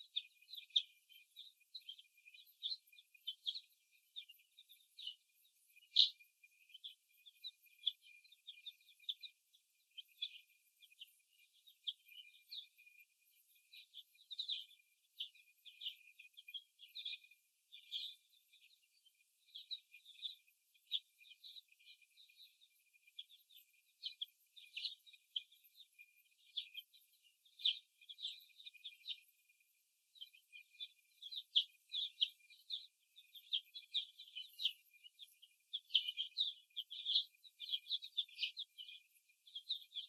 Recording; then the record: young laying hens in a cage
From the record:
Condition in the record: before the stressor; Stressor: simulated dog barking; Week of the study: 1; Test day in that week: 2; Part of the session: 3